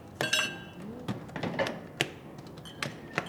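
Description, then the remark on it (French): Dishes being washed in the same place where hands are washed after working on cars, with irregular clinks and knocks of plates and pots, sharp bright clatters scattered over a soft background rustle of water and handling. “Pour l'instant, on fait la vaisselle et on se lave les mains quand on a trafiqué les voitures dans le même endroit.”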